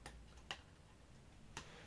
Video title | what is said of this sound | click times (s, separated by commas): Grommet replacement on a Dunlop Blackstorm Venom | and you normally it will make a little click noise | 0.5 s